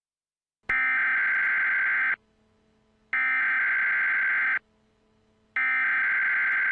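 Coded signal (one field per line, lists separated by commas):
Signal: Emergency Alert System (SAME) tones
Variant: header bursts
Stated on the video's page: Mock EAS alert, a simulated scenario, not a real activation.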